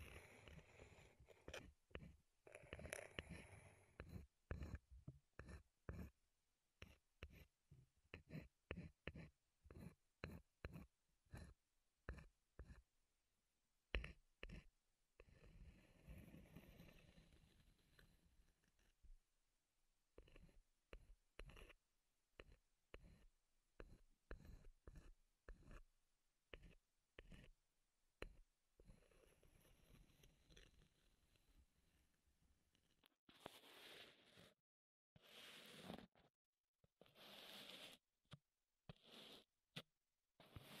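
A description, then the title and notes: Wooden tapping and handling sounds come in quick, irregular bursts of sharp knocks, with brief scraping and rubbing passages between them. The taps are dense through the first half, thin out toward the middle, and return as louder, brighter clicks near the end. ASMR Wood Triggers in Your Ears (No Talking).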